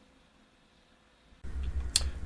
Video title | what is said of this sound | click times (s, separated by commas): When 3D Prints Fail | Part clicked into place and started working just as I planned. | 2.0 s